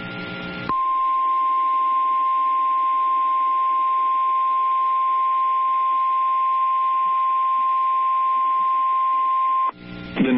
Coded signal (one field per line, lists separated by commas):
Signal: Emergency Alert System (SAME) tones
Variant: 1050 Hz attention tone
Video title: Severe Thunderstorm Warning (LA) (5/20/25) [EAS #170]